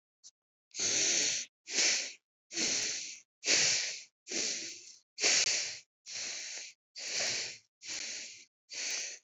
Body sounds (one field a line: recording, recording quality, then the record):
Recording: shallow breathing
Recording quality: excellent, no background noise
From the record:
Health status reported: COVID-19 positive, mild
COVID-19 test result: positive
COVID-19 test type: RT-PCR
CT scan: not taken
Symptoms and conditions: cough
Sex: female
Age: 29 years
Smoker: no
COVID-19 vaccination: both doses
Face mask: not worn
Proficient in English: yes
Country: India